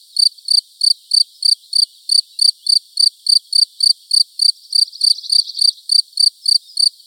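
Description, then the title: Field cricket song, a long run of clear, high chirps at roughly three per second, fairly steady throughout. Recorded in Buoux, Vaucluse, France, in May 2010. "Sylvain Jaskowiak - Animus. Grillon champêtre - Buoux, Vaucluse - mai 2010"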